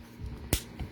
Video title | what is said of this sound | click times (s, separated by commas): Coneflower Celebrations Bundle | and when you hear that snap, you know you have it on there tight. | 0.5 s